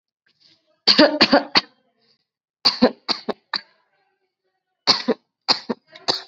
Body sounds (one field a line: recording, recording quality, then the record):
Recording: heavy voluntary cough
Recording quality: excellent, no background noise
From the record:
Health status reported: COVID-19 positive, mild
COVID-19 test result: positive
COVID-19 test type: RT-PCR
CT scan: not taken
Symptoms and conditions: cough, fever, fatigue, muscle pain, diabetes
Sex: female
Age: 36 years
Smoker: no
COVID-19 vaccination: both doses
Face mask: worn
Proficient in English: yes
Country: India